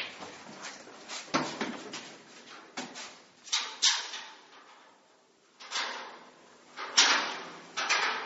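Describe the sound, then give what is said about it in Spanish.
A door is opened with a run of scraping, rattling bursts and a few sharp knocks, coming in uneven clusters with short pauses between, moderately loud and with no one speaking. “Pues abre primero, ¿sí?, la puerta.”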